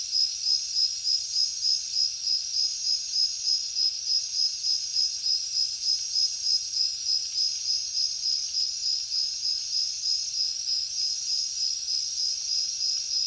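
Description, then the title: Many crickets trilling together, a shrill high drone with strongly regular pulsing, roughly three beats per second throughout. Heavy cricket chorus at night in a jungle. "alex productions ambient music nature. Jungle night heavy crickets"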